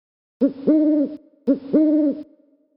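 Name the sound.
owl hooting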